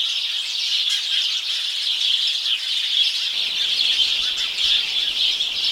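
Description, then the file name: House sparrows in a busy chattering chorus, with many overlapping chirps running without break; a faint low rumble joins partway through. "Passer domesticus"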